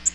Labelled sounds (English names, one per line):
Nashville Warbler flight call